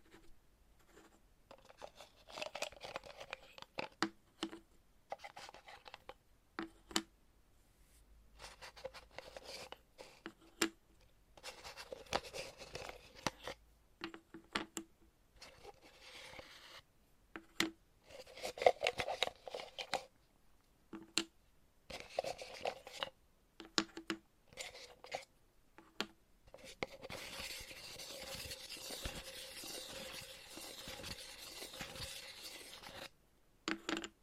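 Chalk being tapped and scratched in short, uneven bursts with brief silences between them, the strokes rasping and fairly bright. Sharp clicks and taps punctuate the scraping throughout. Near the end, a longer, steadier stretch of gritty rubbing runs for several seconds.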